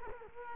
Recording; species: mosquito wingbeat signal from an infrared sensor; Culex quinquefasciatus